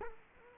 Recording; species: mosquito wingbeat signal from an infrared sensor; Culex quinquefasciatus